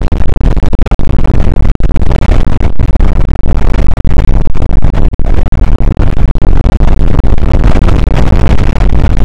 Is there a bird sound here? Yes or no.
no